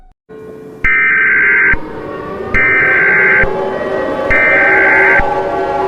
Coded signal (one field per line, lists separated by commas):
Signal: Emergency Alert System (SAME) tones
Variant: header bursts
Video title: EAS scenario 8: among us